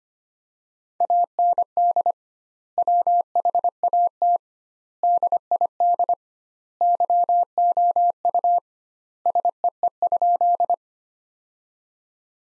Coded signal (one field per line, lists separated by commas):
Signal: Morse code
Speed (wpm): 25 wpm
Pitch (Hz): 700 Hz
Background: none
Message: AND WHAT DID YOU SEE?